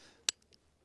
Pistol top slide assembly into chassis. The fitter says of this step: we hear that click now i can press this in and that's it she is ready to go